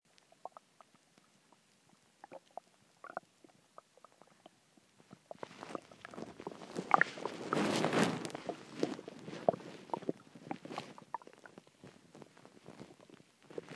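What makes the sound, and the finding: Abdomen. Bowel sounds (borborygmi).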